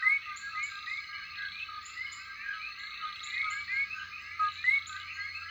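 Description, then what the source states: Common coqui chorus, many frogs calling at once, rising chirped notes layered into a continuous shimmering din. Night chorus.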